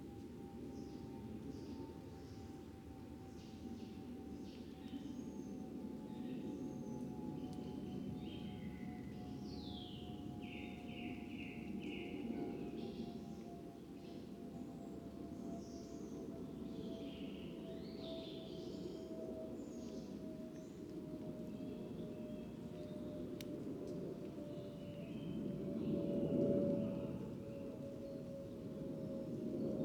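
An evening outside a fox den: a steady low rumble fills the whole clip, with a thin droning tone that slowly sinks in pitch. Scattered bird chirps and short trills come and go throughout, and the rumble swells briefly around 26 seconds.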